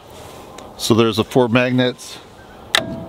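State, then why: Seated. Someone talks while the integrated bracket of a Milwaukee self-leveling laser level, fitted with four amplified rare-earth magnets, is brought against the steel side of a dump trailer. At 2.8 s the magnets clamp on with a sharp metallic hit and a short ringing tail, and the bracket locks in place.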